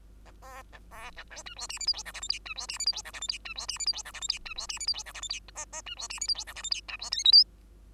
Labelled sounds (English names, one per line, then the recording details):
Bengalese Finch song
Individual Bird2